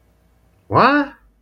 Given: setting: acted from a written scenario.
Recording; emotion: vocal sound without words; confusion